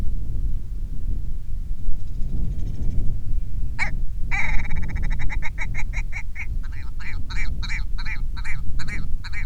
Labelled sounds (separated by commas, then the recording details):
grouse or ptarmigan, wind
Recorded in the Prudhoe Bay oil fields, Alaska, on 25 July 2019 at 02:06
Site 11